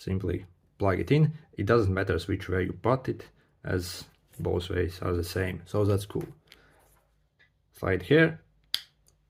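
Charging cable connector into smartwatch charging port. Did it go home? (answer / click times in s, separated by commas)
yes / 8.7 s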